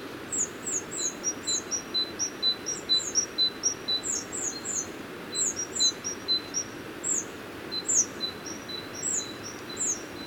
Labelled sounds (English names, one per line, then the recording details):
Hawfinch call
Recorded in the wild
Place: Stubnitz, Insel Rügen, Mecklenburg-Vorpommern, DE
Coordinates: 54.516, 13.633
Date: 1975-02-15
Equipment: Nagra III BH, Sennheiser MD 21, parabola
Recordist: Schubert, Michael